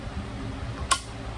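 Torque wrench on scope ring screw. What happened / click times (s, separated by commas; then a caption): The torque wrench clicked over at its set torque / 0.9 s. A torque wrench set to 28 tightens a scope ring screw until it gives a single sharp click at 0.9 s over a low, steady background hum. The click confirms the screw has reached 28.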